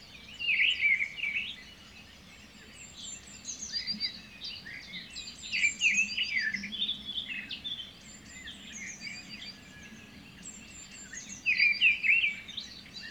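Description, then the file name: Birds singing in chorus, overlapping high chirps and short warbles, three louder bursts spread across, with constant background hiss. Birds singing in the morning. "birds singing in the morning nature sound"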